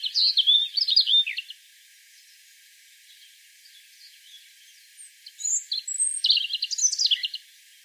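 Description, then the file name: European robin giving a short warbling phrase, a pause of several seconds, then a longer phrase of high thin notes and trills. "Erithacus rubecula"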